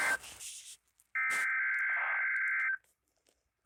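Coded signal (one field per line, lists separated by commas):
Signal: Emergency Alert System (SAME) tones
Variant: header bursts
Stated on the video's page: Required Weekly Test received on NOAA weather radio transmitters via scanner, with some skipping in the audio.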